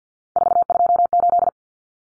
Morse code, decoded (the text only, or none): 428